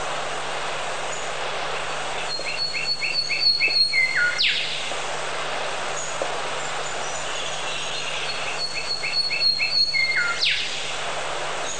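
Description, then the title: Bird calls: high thin whistled notes with a short run of repeated chirps and sharp downward-sweeping whistles, heard twice, over steady background hiss. Many different bird sounds. "Bird Sound Effects पक्षी लगता है"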